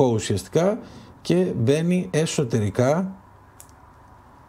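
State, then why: Seated. A Freewell clip-on ND filter is pushed onto the lens housing of a DJI Flip drone's gimbal camera and clips securely in place. Someone talks for the first three seconds, then after a quiet pause a single short, sharp click is heard at 3.6 s as the filter seats.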